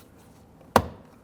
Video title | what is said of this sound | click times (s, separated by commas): How to Replace Rear Exterior Door Handles 2007-2014 Cadillac Escalade 6.2L V8 | harness snap that in install your door pull trim | 0.8 s